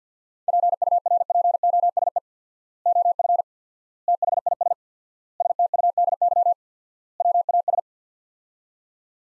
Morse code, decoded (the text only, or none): PURPOSE OF THIS STUDY WAS